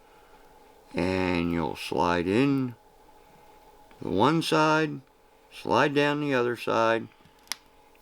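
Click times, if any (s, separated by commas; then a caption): 7.5 s. During a Lionel E-unit rebuild, someone talks while the two halves of the reversing unit frame are slid down over each other. A sharp snap at 7.5 s marks the halves snapping back together, seated.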